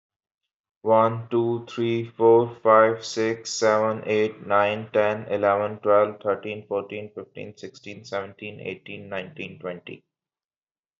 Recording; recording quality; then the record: counting at a normal pace; excellent, no background noise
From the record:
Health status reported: healthy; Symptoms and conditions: none ticked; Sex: male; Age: 31 years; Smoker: yes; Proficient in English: yes